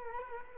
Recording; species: mosquito wingbeat signal from an infrared sensor; Culex quinquefasciatus